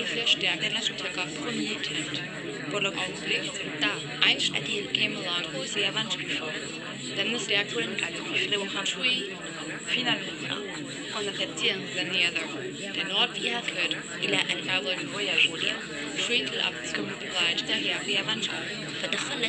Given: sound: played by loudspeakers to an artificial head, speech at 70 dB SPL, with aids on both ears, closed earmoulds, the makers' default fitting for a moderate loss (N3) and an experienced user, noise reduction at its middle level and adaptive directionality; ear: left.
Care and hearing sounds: speech test signal (ISTS) in cocktail-party noise; -6 dB; in front (0 degrees)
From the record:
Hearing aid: class 1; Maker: C

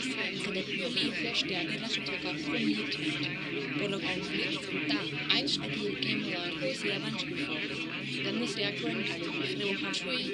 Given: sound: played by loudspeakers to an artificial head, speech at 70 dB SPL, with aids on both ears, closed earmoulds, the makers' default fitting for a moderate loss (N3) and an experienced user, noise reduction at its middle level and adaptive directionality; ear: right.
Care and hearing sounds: speech test signal (ISTS) in cocktail-party noise; -6 dB; on the right (90 degrees)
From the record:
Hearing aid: class 2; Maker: D

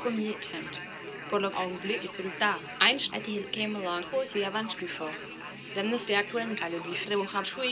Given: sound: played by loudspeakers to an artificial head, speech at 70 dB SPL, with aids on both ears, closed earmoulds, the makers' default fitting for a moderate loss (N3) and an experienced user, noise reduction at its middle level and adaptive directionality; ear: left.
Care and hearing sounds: speech test signal (ISTS) in cocktail-party noise; 0 dB; in front (0 degrees)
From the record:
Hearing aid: class 2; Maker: E

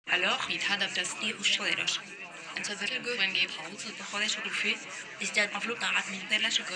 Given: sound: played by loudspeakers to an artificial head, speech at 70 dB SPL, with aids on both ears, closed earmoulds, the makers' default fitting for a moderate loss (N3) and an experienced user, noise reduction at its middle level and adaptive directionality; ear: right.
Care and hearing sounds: speech test signal (ISTS) in cocktail-party noise; +6 dB; in front (0 degrees)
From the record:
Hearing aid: class 2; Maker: G

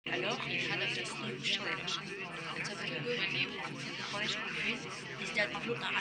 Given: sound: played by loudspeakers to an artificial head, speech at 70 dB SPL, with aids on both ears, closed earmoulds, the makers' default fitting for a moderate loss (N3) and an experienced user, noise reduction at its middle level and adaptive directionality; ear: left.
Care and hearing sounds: speech test signal (ISTS) in cocktail-party noise; -6 dB; in front (0 degrees)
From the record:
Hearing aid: class 2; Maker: F

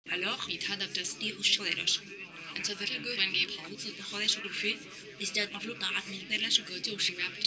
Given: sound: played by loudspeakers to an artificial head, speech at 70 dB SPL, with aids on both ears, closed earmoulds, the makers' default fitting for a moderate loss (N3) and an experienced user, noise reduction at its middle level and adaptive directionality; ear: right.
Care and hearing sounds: speech test signal (ISTS) in cocktail-party noise; +3 dB; in front (0 degrees)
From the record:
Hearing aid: class 2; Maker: J

